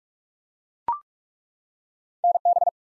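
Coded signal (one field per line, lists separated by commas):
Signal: Morse code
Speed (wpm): 45 wpm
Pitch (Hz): 700 Hz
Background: none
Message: NB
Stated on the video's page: Morse practice sending ARRL section abbreviations used in Field Day contest exchanges at 45 wpm; each sent, spoken, then sent again for head-copy training.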